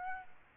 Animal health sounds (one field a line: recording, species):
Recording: mosquito wingbeat signal from an infrared sensor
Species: Aedes aegypti